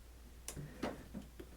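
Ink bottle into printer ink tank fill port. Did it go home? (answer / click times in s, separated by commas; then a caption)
no / none. A small plastic cyan ink bottle, with its cap unscrewed, is handled upside down at the fill port of an HP Smart Tank 5000 printer's ink tank. Several light plastic ticks and taps are heard, the sharpest at about 0.5 s and a softer one near 1.4 s. The bottle has not clicked into the port yet, so nothing has seated.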